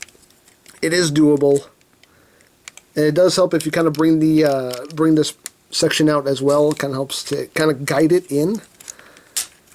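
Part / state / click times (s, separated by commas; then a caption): plastic body panel into an action figure / seated / 8.9 s. Someone talks while a plastic body panel of an action figure is guided in and pushed into place, with a few faint handling taps. A short, sharp plastic click at 8.9 s marks the panel locking into place, fully seated.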